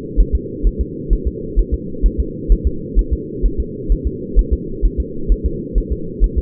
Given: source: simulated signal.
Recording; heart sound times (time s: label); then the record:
fetal heart sounds
0.20 s: S1
0.35 s: S2
0.67 s: S1
0.81 s: S2
1.13 s: S1
1.27 s: S2
1.59 s: S1
1.74 s: S2
2.06 s: S1
2.20 s: S2
2.52 s: S1
2.67 s: S2
2.99 s: S1
3.13 s: S2
3.46 s: S1
3.60 s: S2
3.92 s: S1
4.07 s: S2
4.39 s: S1
4.53 s: S2
4.85 s: S1
5.00 s: S2
5.32 s: S1
5.46 s: S2
5.78 s: S1
5.92 s: S2
6.24 s: S1
6.38 s: S2
From the record:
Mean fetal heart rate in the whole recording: 130 bpm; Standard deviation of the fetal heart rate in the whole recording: 2 bpm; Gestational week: 36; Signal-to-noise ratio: -4.3 dB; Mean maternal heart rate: 72 bpm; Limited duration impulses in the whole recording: absent